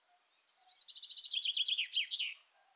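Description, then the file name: Common chaffinch song, a quick trill of high chipping notes that drops in pitch and finishes with an emphatic terminal flourish. "Fringilla coelebs"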